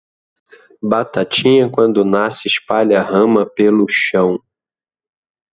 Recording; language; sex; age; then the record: short text; Brazilian Portuguese; male; 30 to 39 years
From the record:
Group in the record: control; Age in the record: 39 years